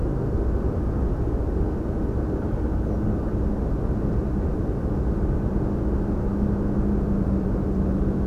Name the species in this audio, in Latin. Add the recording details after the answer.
none. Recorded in France